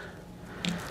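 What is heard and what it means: A tee-shaped printed TPU mount is handled against its slot in the front harness of an HGLRC Sector 5 V3 carbon fiber drone frame, ready to be pushed in. Soft squishy handling noise runs throughout, with a brief sharp tick at 0.6 s and a smaller one at 0.9 s. Nothing has seated or clicked yet; the mount is handled but not yet home.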